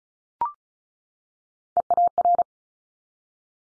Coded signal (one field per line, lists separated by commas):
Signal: Morse code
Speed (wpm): 36 wpm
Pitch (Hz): 700 Hz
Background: none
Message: EAR